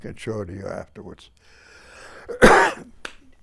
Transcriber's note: he coughs